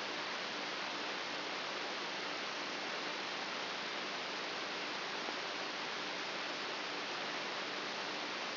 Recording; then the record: brain microelectrode recording played as sound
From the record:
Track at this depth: inside the subthalamic nucleus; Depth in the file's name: 4.44 mm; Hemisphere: right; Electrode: 2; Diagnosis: Parkinson's disease